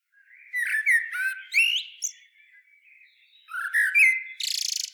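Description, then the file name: Common blackbird giving a rich, low whistled phrase with scratchy high twitters, then a second fluty phrase closing in a rapid buzzy rattle. "Turdus merula"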